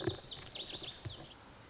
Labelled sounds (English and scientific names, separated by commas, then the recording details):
Lazuli Bunting (Passerina amoena)
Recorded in Sonoma County, California